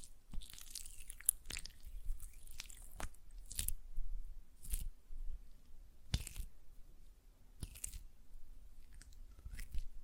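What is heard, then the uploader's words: Wet, squishy hand sounds of gel lotion being rubbed and pressed between fingers. Short sticky smacks and squelches come irregularly, about every second or so, with brighter crackly bursts near 4.7, 6.2 and 7.7 seconds over a low, soft rumble. ASMR Gel Lotion Hand Sounds (No Talking).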